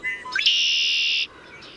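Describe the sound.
Bird call: a few quick rising chirps leading into a single harsh, buzzy note held for nearly a second, then quiet.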